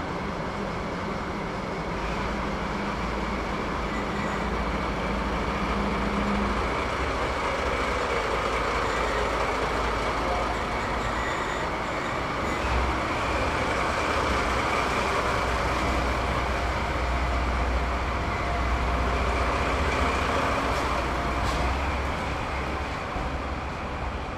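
A sleeper express train departs from a station, filling the scene with a steady, dense rumble and a deep engine drone. A low hum holds for the first six seconds, the low growl swells from about twelve seconds on, and faint clanks punctuate it.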